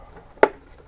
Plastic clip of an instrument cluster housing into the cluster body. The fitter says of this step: O, jeszcze teraz zaskoczyło.